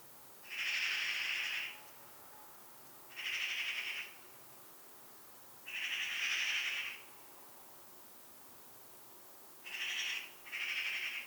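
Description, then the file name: Eurasian magpie giving harsh, rasping calls, five separate grating bursts at uneven gaps. "Pica pica"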